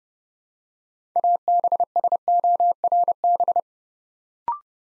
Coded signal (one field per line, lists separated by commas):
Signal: Morse code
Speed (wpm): 30 wpm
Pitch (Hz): 700 Hz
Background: none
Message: ABSORB